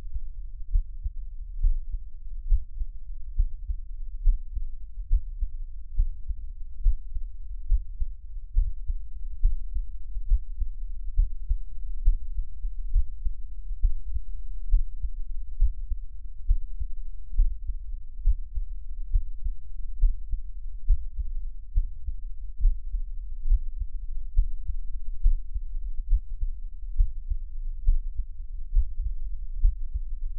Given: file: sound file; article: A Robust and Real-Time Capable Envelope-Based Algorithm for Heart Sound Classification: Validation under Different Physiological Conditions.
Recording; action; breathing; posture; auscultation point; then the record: heart sounds by electronic stethoscope; rest; normal; sitting; Erb’s point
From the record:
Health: healthy, no known heart disease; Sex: male